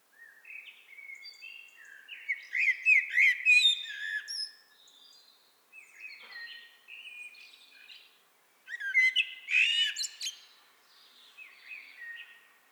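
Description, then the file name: Common blackbird song: two long fluting, warbling phrases, each closing with thin high twitters, separated by quieter whistled notes. "Turdus merula"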